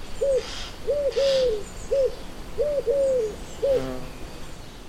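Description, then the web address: Eurasian collared dove cooing: soft low arched coos, a single coo followed by a short-long-short three-note phrase heard twice, over a steady background hiss. "Deverinetal 2025 File origin Bird Only"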